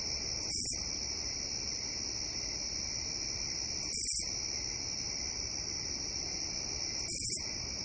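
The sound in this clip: Katydid rasping in brief three-pulse bursts repeated roughly every three seconds, against a continuous shrill insect hum.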